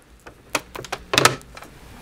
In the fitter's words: there we go it does click and play so that's good to know it will fit our